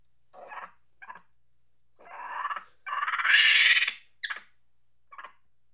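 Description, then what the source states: Monkey chattering angrily: short harsh barks building into a long, rising rasping scream, then a few clipped chatters. Angry chatter.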